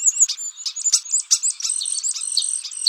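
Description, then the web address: Common starling song: a rapid, varied run of high whistles, sharp clicks and buzzy chatter, with the notes crowding into a dense, scratchy warble in the second half. "Sturnus Vulgaris"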